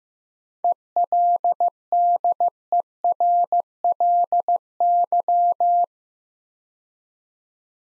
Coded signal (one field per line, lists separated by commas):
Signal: Morse code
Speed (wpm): 15 wpm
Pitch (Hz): 700 Hz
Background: none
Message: ELDERLY